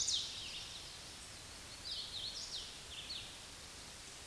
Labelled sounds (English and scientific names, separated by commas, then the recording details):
Hooded Warbler (Setophaga citrina) song
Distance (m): 65 m
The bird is about 5 m above the microphone
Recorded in a Pennsylvania forest on 16 May 2024 at 09:04
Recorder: AudioMoth, point MSD-2164
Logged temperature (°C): 15.8 °C
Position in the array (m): 151 m, 130 m